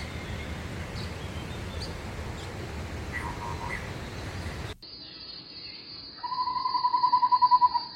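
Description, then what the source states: Taiwan scimitar babbler trill, a rapid run of evenly pulsed notes at a steady mid pitch for under two seconds, coming after several seconds of hissing background noise. Calls are very varied; two kinds of its call played, recorded at home in the mountain town.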